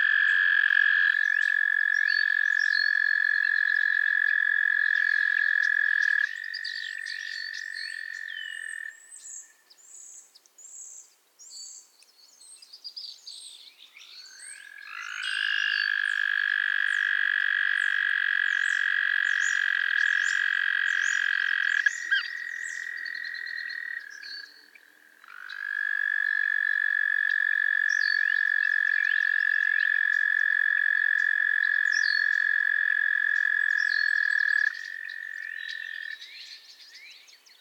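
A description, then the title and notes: A chorus of frogs trills in long, steady, high-pitched bursts, pausing around ten and twenty-four seconds before resuming, with fainter calls layered behind. Theraphonia - Frogsong at Miners Marsh. A chorus of frogs croon to one another on an idyllic summer evening in Miners Marsh, Annapolis Valley, Nova Scotia.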